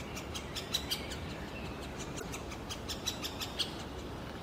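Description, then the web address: Middle spotted woodpecker calling with dry, sharp ticking notes repeated irregularly, a few each second, over a constant low rumble. Juvenile; Tivoli landscape park, Ljubljana; 2 June 2022. "SREDNJI DETEL mladič 2022-06-02 LJUBLJANA Krajinski park Tivoli Dendrocopos medius"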